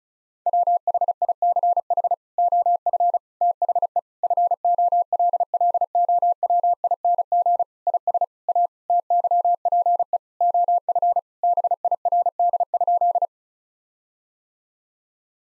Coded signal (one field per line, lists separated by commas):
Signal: Morse code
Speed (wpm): 36 wpm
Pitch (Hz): 700 Hz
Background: none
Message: WHICH OF THE FOLLOWING IS A TYPE OF BIRD?